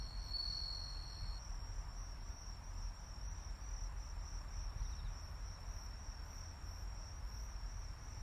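Cricket chirping, a steady high-pitched trill over a constant low rumble.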